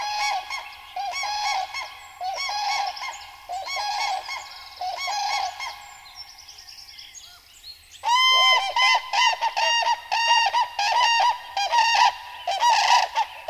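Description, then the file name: Cranes giving loud, rolling trumpeting calls, many birds overlapping in a steady chorus; there is a brief pause midway, then a louder burst of calling resumes. "Kraniche"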